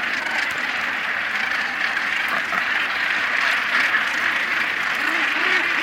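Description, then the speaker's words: Northern gannets in a dense colony chorus, a continuous harsh cackling din of overlapping grating calls from many birds, steady throughout. Wild birds at the world's largest northern gannet colony, recorded standing on a rock not far from Edinburgh, surrounded by tens of thousands of birds. "But here's a wee snippet of the sound as we encountered the world's largest colony of northern gannets."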